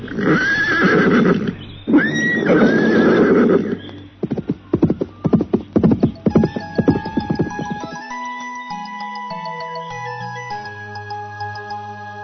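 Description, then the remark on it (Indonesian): A horse whinnies twice in loud, harmonic cries, then hooves clip-clop in a quick, uneven rhythm before a soft musical melody rises and takes over; the horse carries Putri Adipati and Joko as they ride away from the duchy (kadipaten) in an Indonesian folk tale. “Dengan menunggang seekor kuda, Putri Adipati dan Joko meninggalkan kadipaten.”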